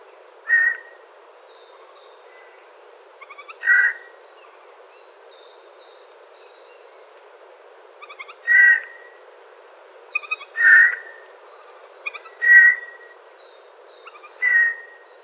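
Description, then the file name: Eurasian jay giving six tonal calls, several introduced by soft ticking notes, spaced irregularly over a constant low hiss. "Garrulus glandarius"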